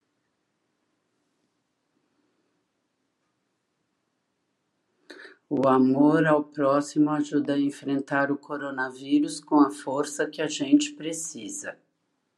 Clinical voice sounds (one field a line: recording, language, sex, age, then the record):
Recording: spoken sentence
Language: Brazilian Portuguese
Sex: female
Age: 60 to 69 years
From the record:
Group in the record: control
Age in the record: 62 years